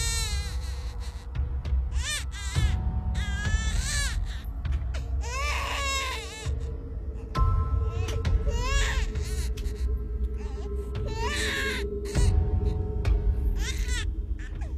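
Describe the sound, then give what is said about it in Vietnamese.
A monstrous newborn with long jagged teeth, white eyes and long sharp claws shrieks eerily before two obstetricians, shrill cries rising and falling in repeated wavering bursts, loud and strained, over a steady low droning rumble that runs through the whole stretch. “Nó rít lên từng tiếng nghe ghê rợn.”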